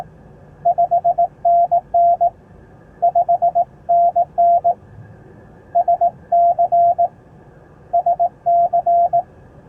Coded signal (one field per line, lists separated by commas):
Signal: Morse code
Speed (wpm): 16 wpm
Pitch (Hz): 690 Hz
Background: radio noise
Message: 5NN 5NN SC SC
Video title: Successful POTA Activation Down Town Indianapolis!